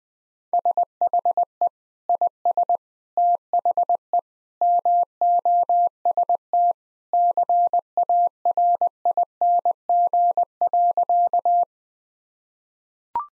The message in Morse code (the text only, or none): SHE IS THE MOST CARING.